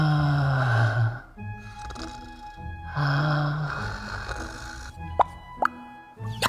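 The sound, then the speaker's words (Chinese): A voice puts on a theatrical fake snore of a story character lying on a sofa: two long, rasping, low-pitched drawn-out breaths with pauses between, followed by a few sharp little pops near the end. “那边忙活，这边萧景玉呼呼睡觉，也不知道是真睡了还是醒着的，在这很浮夸的学打呼”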